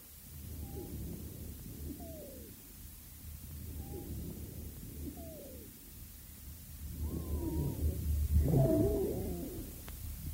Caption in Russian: Количество сухих хрипов увеличивается при увеличении скорости воздушного потока в бронхах, особенно во время выдоха. Аускультацию проводят на фоне форсированного дыхания. Пациента с хроническим обструктивным бронхитом.